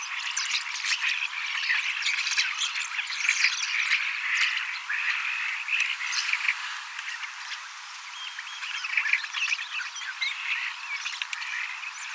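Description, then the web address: Common starling flock song, busy overlapping chatter and rattles that swell and ease slightly, with occasional sharp clicks. Young birds, 18 October 2024, practising song and mimicking several species a little. "paivat 18 10 2024 kasittaakseni kottaraisnuoret laulavat lauluharjoittelevat useita lajeja matkivat hiukan"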